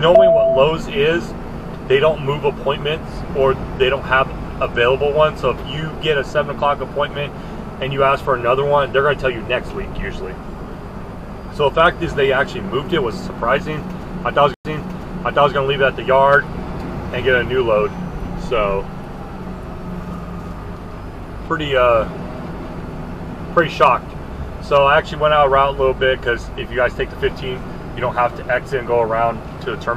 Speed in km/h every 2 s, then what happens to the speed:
60, 56, 56, 56, 55, 52, 52, 47, 45, 45, 40, 39, 34, 31, 29.
0-30 slows to 29.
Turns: none.